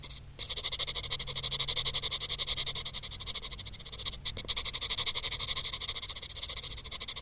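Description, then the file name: Cricket chorus of shrill, fast pulses, steady and continuous. "Grillen"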